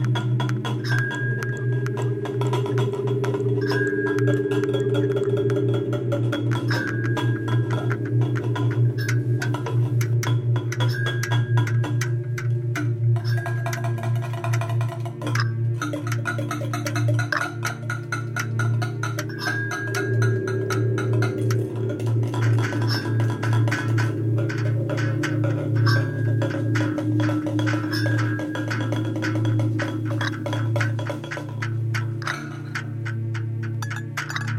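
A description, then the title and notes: Everyday objects like pots, crockery and tins clink and rattle over a steady, evolving drone. A low hum holds throughout while a higher tone repeats every few seconds, and dense, quick metallic and glassy taps scatter across the whole piece. Sequence of sounds made using numerous everyday items (pots & pans, crockery, tins l& boxes, plastic packaging, etc) against the backdrop of an evolving drone structure.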